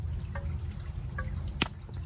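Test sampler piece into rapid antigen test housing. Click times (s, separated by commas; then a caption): 1.6 s. A plastic saliva collector is pushed back down into the housing of an at-home rapid antigen COVID test, after an earlier try failed to snap because the plastic sleeve was still on. Two faint, drip-like ticks sound at about 0.4 and 1.2 s over a low hum. A sharp snap at 1.6 s marks the collector seating in place.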